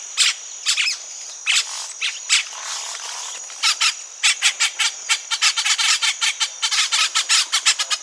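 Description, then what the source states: Oropendolas calling in a colony, loud harsh clucks and squawks repeated in quick bursts, with a steady high whine underneath. Nesting colony.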